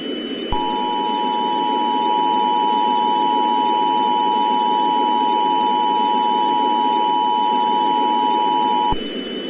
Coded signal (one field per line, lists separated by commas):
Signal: Emergency Alert System (SAME) tones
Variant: 853 and 960 Hz attention tone